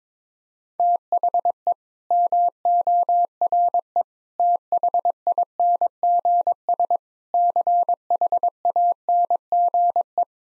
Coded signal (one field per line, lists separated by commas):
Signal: Morse code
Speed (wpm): 22 wpm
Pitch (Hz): 700 Hz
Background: none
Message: THE MORE THINGS CHANGE